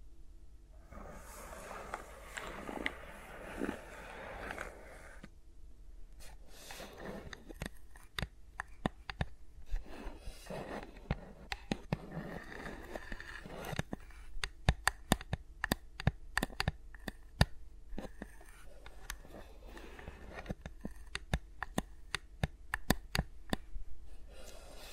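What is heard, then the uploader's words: Fingers move around microphones, rubbing and brushing with soft scratchy textures, and no talking. The first few seconds hold a dense, hissy rub; afterward come frequent sharp taps and clicks, growing busier and louder toward the middle and end, over a low steady hum. ASMR with Mics Around My Fingers (No Talking).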